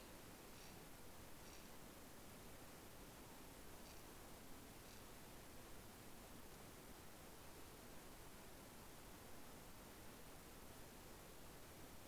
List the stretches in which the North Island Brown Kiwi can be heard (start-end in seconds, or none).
none